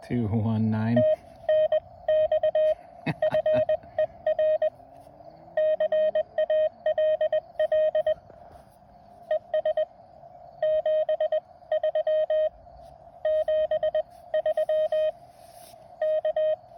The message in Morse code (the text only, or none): TNX FER CALL ES 73 73 K